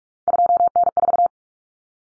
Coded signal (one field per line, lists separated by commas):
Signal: Morse code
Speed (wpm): 44 wpm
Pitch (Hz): 700 Hz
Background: none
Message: 2N4